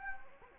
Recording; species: mosquito wingbeat signal from an infrared sensor; Anopheles gambiae